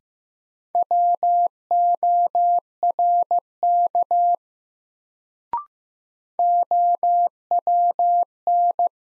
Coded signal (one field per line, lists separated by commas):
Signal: Morse code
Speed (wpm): 15 wpm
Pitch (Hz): 700 Hz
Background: none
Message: WORK OWN